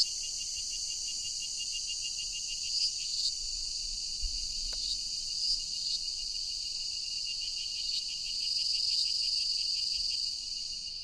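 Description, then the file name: Cicada song, a dense continuous high-pitched buzz with faint rapid pulsing and slight swells throughout, plus one brief click. "Cigarras"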